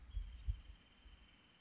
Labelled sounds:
Wrentit

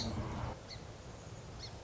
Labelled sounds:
Song Sparrow

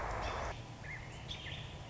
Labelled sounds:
American Robin

